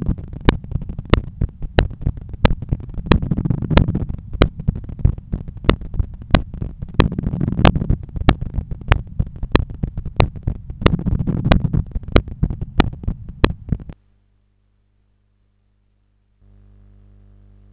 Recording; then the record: heart sounds by stethoscope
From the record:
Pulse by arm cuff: 92 bpm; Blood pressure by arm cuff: 132/84 mmHg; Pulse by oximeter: 94 bpm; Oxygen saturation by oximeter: 97%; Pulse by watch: 95 bpm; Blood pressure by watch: 128/84 mmHg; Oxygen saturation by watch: 97%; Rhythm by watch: sinus rhythm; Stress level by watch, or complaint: low stress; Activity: after 5 min smoking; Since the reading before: plus 500 steps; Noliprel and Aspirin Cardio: after pills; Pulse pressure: 48 mmHg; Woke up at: 7:20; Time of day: 13:49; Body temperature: 35 C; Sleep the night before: 8 h 11 min, score 61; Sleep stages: REM 22%, light 68%, deep 3%, awake 7%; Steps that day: 9500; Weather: sunny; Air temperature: 27.2 C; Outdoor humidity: 51%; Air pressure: 1015 hPa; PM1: 9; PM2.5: 12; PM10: 16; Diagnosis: hypertension, treated with Noliprel and Aspirin Cardio 100 mg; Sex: male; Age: 53 years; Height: 174 cm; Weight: 81 kg